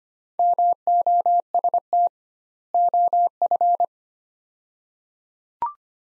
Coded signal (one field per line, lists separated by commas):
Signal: Morse code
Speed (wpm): 25 wpm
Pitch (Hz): 700 Hz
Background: none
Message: MOST OF